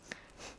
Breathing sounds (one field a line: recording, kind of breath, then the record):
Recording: one breath in and out by a microphone near the nose and mouth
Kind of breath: strong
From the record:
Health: marked as sick, illness not named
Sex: female